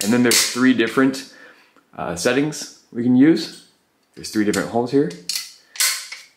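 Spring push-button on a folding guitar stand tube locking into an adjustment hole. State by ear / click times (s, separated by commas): seated / 5.8 s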